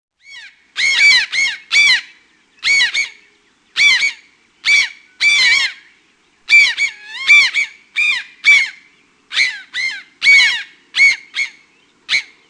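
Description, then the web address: Brown jay calling in a long series of loud, harsh screams, many coming in pairs or threes. "Peterson North American Birds"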